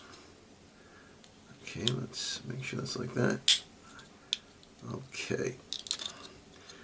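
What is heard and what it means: A small camera module is pressed into its plastic holder in a Raspberry Pi camera case while someone talks. Short, crunchy plastic contact sounds are heard. The module has not seated and is still not in place.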